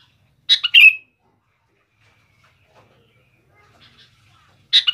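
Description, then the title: Sooty-headed bulbul with two quick, bright bubbly phrases, one near the start and one at the very end, with a quiet gap holding a few faint chirps. "Kutilang"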